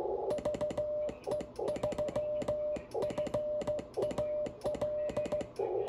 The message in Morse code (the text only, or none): VE3FAL